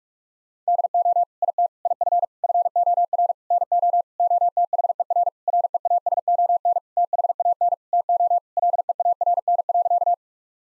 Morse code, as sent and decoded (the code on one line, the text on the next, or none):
-.. --- / .. - / .. ..-. / ..-. --- .-. / -. --- / --- - .... . .-. / .-. . .- ... --- -. / - .... .- -. / - --- / .-.. . .- .-. -. .-.-.-
DO IT IF FOR NO OTHER REASON THAN TO LEARN.